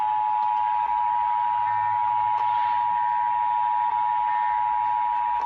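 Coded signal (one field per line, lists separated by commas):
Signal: Emergency Alert System (SAME) tones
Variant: 853 and 960 Hz attention tone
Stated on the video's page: Tornado drill tests.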